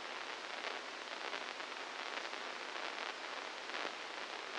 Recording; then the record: brain microelectrode recording played as sound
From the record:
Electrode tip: inside the subthalamic nucleus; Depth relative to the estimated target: -1 mm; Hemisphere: left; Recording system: NeuroSet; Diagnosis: Parkinson's disease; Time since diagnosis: 15 years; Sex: female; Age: 59 years